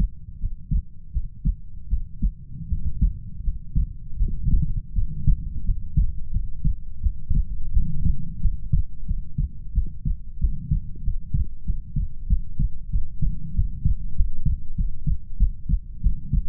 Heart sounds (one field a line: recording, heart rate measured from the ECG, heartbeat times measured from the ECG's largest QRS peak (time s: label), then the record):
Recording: heart sounds by stethoscope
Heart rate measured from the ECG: 88 bpm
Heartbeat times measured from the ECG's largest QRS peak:
0.38 s: heartbeat
1.11 s: heartbeat
1.88 s: heartbeat
2.67 s: heartbeat
3.42 s: heartbeat
4.17 s: heartbeat
4.93 s: heartbeat
5.63 s: heartbeat
6.31 s: heartbeat
7.01 s: heartbeat
7.71 s: heartbeat
8.40 s: heartbeat
9.06 s: heartbeat
9.73 s: heartbeat
10.39 s: heartbeat
11.03 s: heartbeat
11.65 s: heartbeat
12.27 s: heartbeat
12.90 s: heartbeat
13.54 s: heartbeat
14.15 s: heartbeat
14.75 s: heartbeat
15.37 s: heartbeat
16.01 s: heartbeat
From the record:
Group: healthy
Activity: cold pressor test 0-4 s, rest 4-17 s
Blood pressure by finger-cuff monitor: 98/62 mmHg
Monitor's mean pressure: 76 mmHg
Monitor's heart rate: 87 bpm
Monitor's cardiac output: 7.4 L/min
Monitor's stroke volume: 85 mL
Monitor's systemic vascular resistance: 750 dyn s/cm5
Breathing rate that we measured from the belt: 22 breaths a minute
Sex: female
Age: 19 years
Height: 163 cm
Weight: 48.9 kg